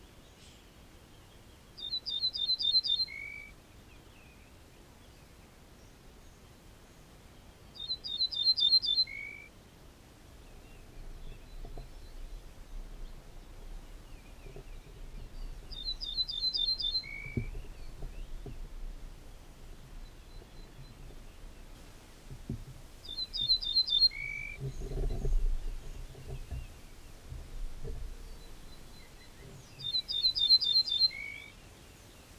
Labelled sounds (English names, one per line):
Ortolan Bunting song